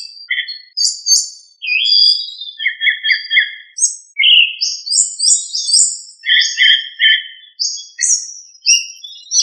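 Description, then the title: Thrush song of clear whistled phrases, some high and slurred, others lower and flat, given in quick varied bursts with short pauses between them. "Familia Turdidae - Sabia"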